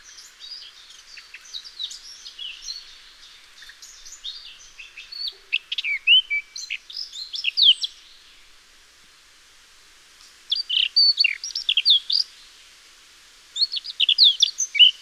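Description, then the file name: Eurasian blackcap song: a long, busy scratchy warble, then a quiet gap, then two shorter bursts of loud, varied whistled and twittering notes. "Sylvia atricapilla"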